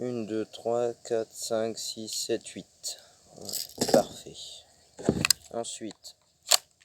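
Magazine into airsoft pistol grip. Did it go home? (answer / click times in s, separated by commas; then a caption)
yes / 6.5 s. Someone talks while a CO2 magazine loaded with 8 BBs is pushed into the grip of a metal airsoft pistol replica, with soft handling noises in between. A sharp click at 6.5 s marks the magazine seating in the grip.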